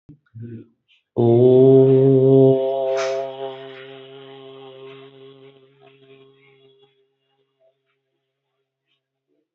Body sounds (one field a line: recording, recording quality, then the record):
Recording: sustained vowel as in boot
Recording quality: excellent, no background noise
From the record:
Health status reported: healthy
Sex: male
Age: 54 years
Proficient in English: yes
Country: India